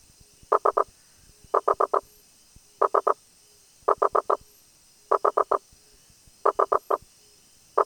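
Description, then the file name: Rosenberg's gladiator frog calls: short runs of three to four clipped knocking notes, repeated at short intervals, against a continuous high-pitched background hum. "Boana rosenbergi"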